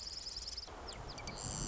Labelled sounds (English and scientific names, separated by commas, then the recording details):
Marsh Wren (Cistothorus palustris)
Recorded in Sonoma County, California